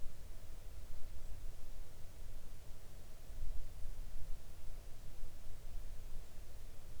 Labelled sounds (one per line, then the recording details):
near silence
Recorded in the Arctic National Wildlife Refuge, Alaska, on 3 August 2019 at 05:40
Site 41